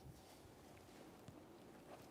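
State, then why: Not seated. A new rear outer parking assist sensor for a 2008-2017 Buick Enclave is handled as it is pressed toward its plastic bumper cover bracket, with steady low handling and rubbing noise and a faint bump around 1.3 s. Nothing has seated or clicked yet.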